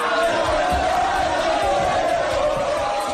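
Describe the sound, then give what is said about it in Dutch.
A rowdy crowd of drunken British fans in Utrecht, the Netherlands, chanting together, a loud, steady wall of voices holding a sung note without pause, with shouts mixed through the din. “want nu gaan dronken Britten vaker naar Utrecht.”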